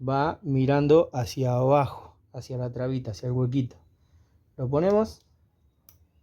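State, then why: Seated. Someone talks while the white wire's crimped terminal on a Honda Econo-Power C90 is pushed back into the plastic wiring connector housing, barb facing down toward the catch, during an electronic ignition installation. After a pause, a short, faint click is heard at 5.9 s as the terminal seats and is connected.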